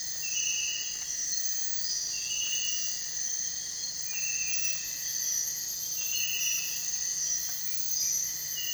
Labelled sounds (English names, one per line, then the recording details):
none
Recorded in dense forest near Puerto Asís, Putumayo, Colombia, on 23 June 2025 at 03:30
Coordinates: 0.468, -76.322
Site GP03